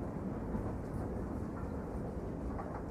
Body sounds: background sound without coughing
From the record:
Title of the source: Train Ride Ambience ambient white noise for sleeping, focus, studying, reading

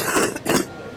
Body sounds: coughing mixed with background sound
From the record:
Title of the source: 30 Chesty and wet cough

